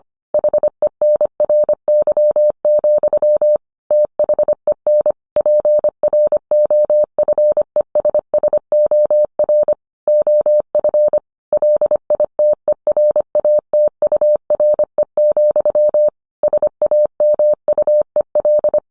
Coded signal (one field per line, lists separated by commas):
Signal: Morse code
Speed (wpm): 25 wpm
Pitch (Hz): 600 Hz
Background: none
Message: HENRY, THEN PROFESSOR OF LITERATURE, SAMUEL